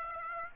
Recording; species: mosquito wingbeat signal from an infrared sensor; Aedes aegypti